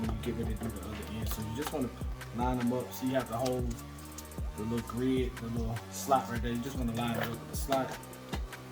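The back panel of a foldable plastic stackable shoebox is lined up by hand with the side slide and slot while someone talks over background music. Nothing has seated or snapped into place yet.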